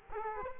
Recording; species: mosquito wingbeat signal from an infrared sensor; Culex quinquefasciatus